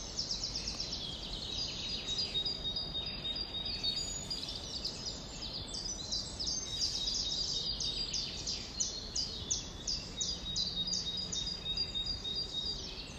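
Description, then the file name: Dense bird twittering of rapid high chirps against a persistent background noise. "Vogelgezwitscher"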